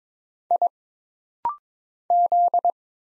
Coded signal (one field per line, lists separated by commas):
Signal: Morse code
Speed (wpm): 22 wpm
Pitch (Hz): 700 Hz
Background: none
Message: I Z